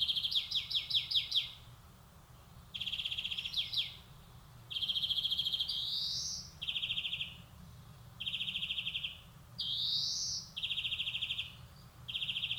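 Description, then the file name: European greenfinch song mixing stuttering twitters, rattling trills and two rising buzzy wheezes, phrases following each other every second or two, with faint low background hum. "Chloris chloris"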